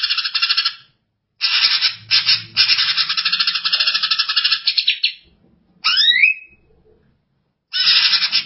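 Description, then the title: Greater green leafbird song: dense, rapid trilled and chattering phrases in several bursts, the longest about four seconds, with a quick rising whistled note between them. Champion songbird. "Kicau Burung Cucak Ijo Juara"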